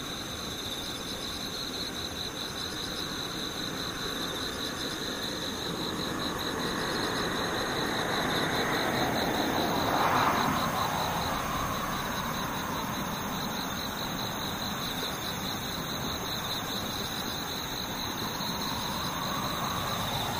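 Insects keep up a steady, high-pitched trill for the full twenty seconds, a dense unbroken buzz with a thinner whine above it. Beneath them, a low rushing noise builds from about seven seconds, peaks near ten like a passing vehicle, then eases off.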